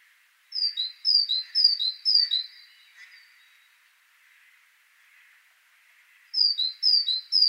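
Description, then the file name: Great tit song: four see-sawing two-note phrases, a pause of nearly four seconds, then three more phrases of the same pattern. "Parus major"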